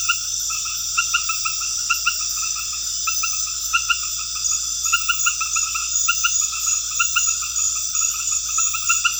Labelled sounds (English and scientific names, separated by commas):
none